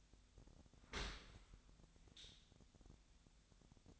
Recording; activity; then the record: daily activity, microphone in the room; open dishwasher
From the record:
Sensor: 3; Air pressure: 1006.7 hPa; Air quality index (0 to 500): 207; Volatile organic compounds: 19 ppm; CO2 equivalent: 2647 ppm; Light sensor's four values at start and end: 10/24/10/10 and 10/24/10/10